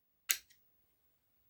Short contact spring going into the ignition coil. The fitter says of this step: короткою пружинкою вверх до катушки і до щелчка